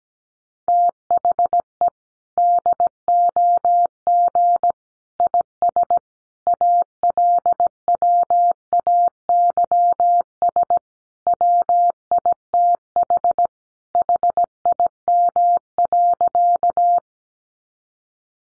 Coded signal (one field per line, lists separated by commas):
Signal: Morse code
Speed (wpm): 17 wpm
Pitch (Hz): 700 Hz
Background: none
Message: THE DOG IS ALWAYS WITH HIM.